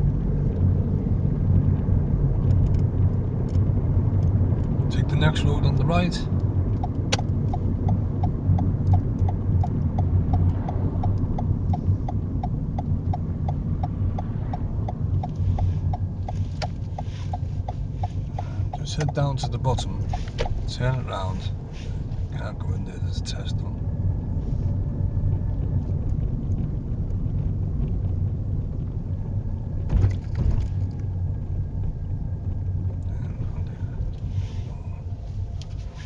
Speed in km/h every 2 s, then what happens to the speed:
34, 35, 35, 34, 31, 26, 21, 15, 11, 10, 16, 23, 23, 21, 18, 15, 11, 8.
0-5 steady at about 35. 5-16 slows to 11. 19-22 speeds up to 23. 25-36 slows to 8.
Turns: 14-19.